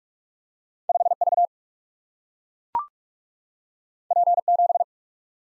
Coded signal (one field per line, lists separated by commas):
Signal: Morse code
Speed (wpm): 44 wpm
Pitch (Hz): 700 Hz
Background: none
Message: 5 V P 7